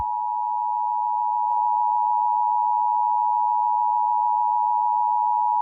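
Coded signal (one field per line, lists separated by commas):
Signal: Emergency Alert System (SAME) tones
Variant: 853 and 960 Hz attention tone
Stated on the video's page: Fictional EAS scenario about Chicago, not a real alert.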